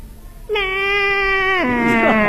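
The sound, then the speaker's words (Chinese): A person vocally imitates the call of a trained horse with one long, nasal, strongly held cry that suddenly drops lower and wavers like a bleat, loud and alone with no talking. “你看我那个马一叫唤都这个声音。”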